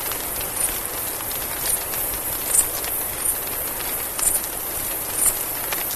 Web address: mexican free-tailed bat